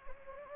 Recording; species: mosquito wingbeat signal from an infrared sensor; Anopheles gambiae